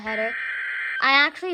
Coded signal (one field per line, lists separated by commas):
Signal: Emergency Alert System (SAME) tones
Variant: header bursts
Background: speech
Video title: TOR warning! EAS #15/14